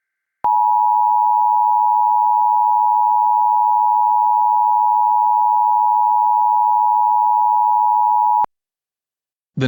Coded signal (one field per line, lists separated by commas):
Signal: Emergency Alert System (SAME) tones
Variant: 853 and 960 Hz attention tone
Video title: Severe T-storm Warning EAS mock test of EAS SIM